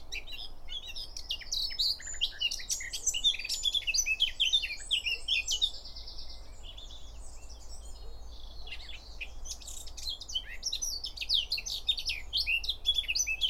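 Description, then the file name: Eurasian blackcap delivering long runs of varied, tumbling warbled notes, pausing briefly midway before resuming, over a steady low hum. "Sylvia atricapilla"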